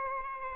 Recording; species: mosquito wingbeat signal from an infrared sensor; Aedes albopictus